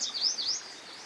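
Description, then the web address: Yellow Warbler singing a short burst of a few high, bright slurred notes, followed by quiet background hiss. Recorded beside a stream. "Dan Gibson Songbirds By The Stream. Yellow Warbler"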